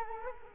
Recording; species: mosquito wingbeat signal from an infrared sensor; Culex quinquefasciatus